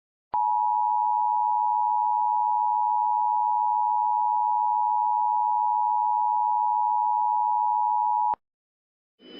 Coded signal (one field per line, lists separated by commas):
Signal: Emergency Alert System (SAME) tones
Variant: 853 and 960 Hz attention tone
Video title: EAS Mock: Tornado Watch #21